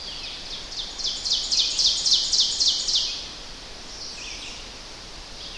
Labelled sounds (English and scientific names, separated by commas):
Ovenbird (Seiurus aurocapilla) song